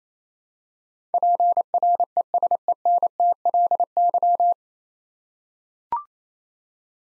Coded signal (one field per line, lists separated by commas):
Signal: Morse code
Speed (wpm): 28 wpm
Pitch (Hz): 700 Hz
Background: none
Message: PRESENTLY